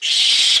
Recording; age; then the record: pig call; piglet (1 to 25 days)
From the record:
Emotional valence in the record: negative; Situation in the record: restrain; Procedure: in the arms of a person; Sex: male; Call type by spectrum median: high-frequency call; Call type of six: high-frequency modulated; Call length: 0.60 s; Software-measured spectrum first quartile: 3253 Hz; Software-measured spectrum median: 3832 Hz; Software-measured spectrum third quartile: 4917 Hz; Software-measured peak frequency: 3213 Hz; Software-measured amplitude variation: 80 dB a second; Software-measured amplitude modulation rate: 25.8 a second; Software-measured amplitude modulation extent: 3.1 dB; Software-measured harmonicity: 1.8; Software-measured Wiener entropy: -2.70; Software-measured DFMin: 1262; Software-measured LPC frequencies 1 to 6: 2181, 3246, 3782, 4555, 6756, 7500 Hz